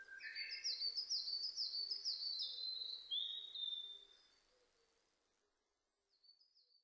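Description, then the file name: Narcissus flycatcher song: quick, evenly repeated down-slurred notes, ending in a long whistle that fades, then a short phrase returns after a pause. Recorded 25 April 2006; Japanese name kibitaki. "060425 kibitaki"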